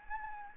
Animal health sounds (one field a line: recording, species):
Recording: mosquito wingbeat signal from an infrared sensor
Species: Anopheles gambiae